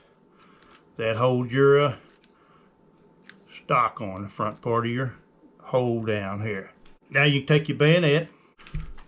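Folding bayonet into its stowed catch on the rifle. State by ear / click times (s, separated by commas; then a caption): seated / 8.7 s, 8.8 s. Someone talks while the attached steel folding bayonet of a Mosin Nagant M44 rifle is folded back along the stock into its stowed catch. A latching click comes at 8.7 s and 8.8 s, and the bayonet seats and stays in place.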